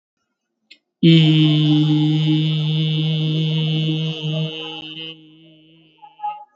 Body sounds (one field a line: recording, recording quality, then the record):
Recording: sustained vowel as in beet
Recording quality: excellent, no background noise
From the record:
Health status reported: COVID-19 positive, no symptoms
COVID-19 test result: positive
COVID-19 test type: RT-PCR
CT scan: taken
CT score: 4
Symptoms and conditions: fever, diabetes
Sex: male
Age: 51 years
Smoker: no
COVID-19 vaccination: both doses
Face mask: worn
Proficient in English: yes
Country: India